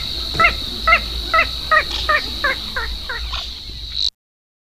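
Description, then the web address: Little crake calling: a series of nasal yapping notes repeated about twice a second, speeding up slightly and fading, over a steady high insect-like hum. "agykontroll Madardalok Cd 3. Kis vízicsibe"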